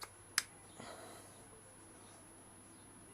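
A compression tester gauge is pushed onto its snap-fit quick coupling on the hose adapter threaded into the spark plug hole of a Suzuki GS1000 cylinder head. After a faint tick at the start, a single sharp, bright click sounds at 0.4 s, followed by a softer knock near 0.8 s and low background hiss. The coupling snaps on and is confirmed seated.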